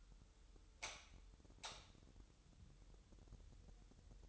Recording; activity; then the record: daily activity, microphone in the room; light on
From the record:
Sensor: 3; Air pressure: 988.3 hPa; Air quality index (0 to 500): 189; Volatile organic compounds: 244 ppm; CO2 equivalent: 4344 ppm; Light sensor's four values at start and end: 8/20/8/8 and 11/29/12/12